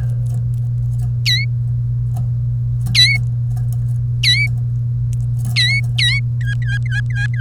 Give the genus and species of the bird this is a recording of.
Serinus canaria